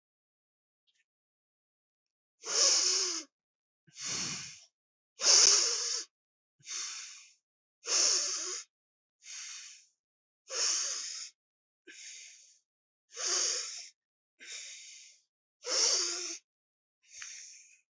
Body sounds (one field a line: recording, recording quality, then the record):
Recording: deep breathing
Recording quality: excellent, no background noise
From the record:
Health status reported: healthy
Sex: male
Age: 34 years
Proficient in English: yes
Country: India